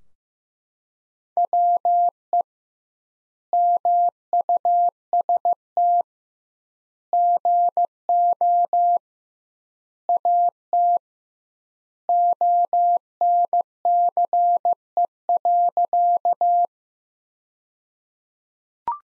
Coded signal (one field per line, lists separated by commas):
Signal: Morse code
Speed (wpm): 15 wpm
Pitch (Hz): 700 Hz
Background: none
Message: WE MUST GO AT ONCE.